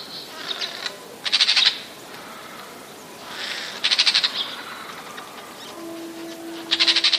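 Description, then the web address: Eurasian jay alarm: three loud, grating, pulsed rasps spaced about two to three seconds apart, with a steady faint tone near the end. Alarm or warning calls, recorded 27 January 2013. "ostrzegator sojka 27 01 2013"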